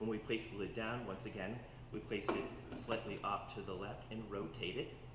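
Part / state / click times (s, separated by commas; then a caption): lid on a food processor bowl and base / not seated / none. The plastic lid of a food processor is set down on the bowl slightly off to the left and rotated so its small safety latch on the front lines up with the safety latch on the front of the machine's base, while someone talks throughout. The lid is handled but has not clicked into place yet, so the safety feature is not engaged.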